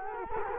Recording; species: mosquito wingbeat signal from an infrared sensor; Culex quinquefasciatus